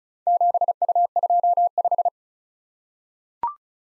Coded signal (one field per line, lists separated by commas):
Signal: Morse code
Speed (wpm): 36 wpm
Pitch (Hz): 700 Hz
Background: none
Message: 7U25